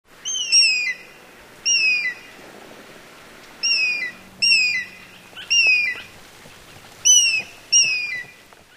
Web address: sounds of an eagles cry eagle flying near the sea